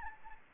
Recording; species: mosquito wingbeat signal from an infrared sensor; Anopheles gambiae